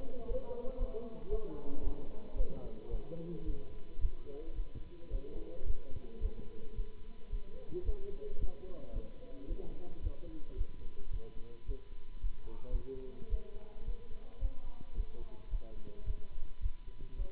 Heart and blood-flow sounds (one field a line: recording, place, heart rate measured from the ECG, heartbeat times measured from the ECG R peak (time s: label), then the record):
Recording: heart sounds by stethoscope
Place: between the tricuspid and mitral areas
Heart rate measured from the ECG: 110 bpm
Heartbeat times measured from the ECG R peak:
0.25 s: heartbeat
0.76 s: heartbeat
1.28 s: heartbeat
1.81 s: heartbeat
2.34 s: heartbeat
2.89 s: heartbeat
3.43 s: heartbeat
3.99 s: heartbeat
4.53 s: heartbeat
5.09 s: heartbeat
5.64 s: heartbeat
6.19 s: heartbeat
6.73 s: heartbeat
7.28 s: heartbeat
7.83 s: heartbeat
8.37 s: heartbeat
8.91 s: heartbeat
9.46 s: heartbeat
10.00 s: heartbeat
10.55 s: heartbeat
11.09 s: heartbeat
11.64 s: heartbeat
12.19 s: heartbeat
12.69 s: heartbeat
13.28 s: heartbeat
13.83 s: heartbeat
14.39 s: heartbeat
14.93 s: heartbeat
15.49 s: heartbeat
16.04 s: heartbeat
16.59 s: heartbeat
17.15 s: heartbeat
From the record:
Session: Bruce protocol treadmill stress test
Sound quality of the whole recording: good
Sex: male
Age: 26 years